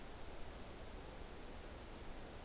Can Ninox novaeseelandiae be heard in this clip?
no